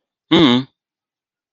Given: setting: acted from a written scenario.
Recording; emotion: vocal sound without words; neutral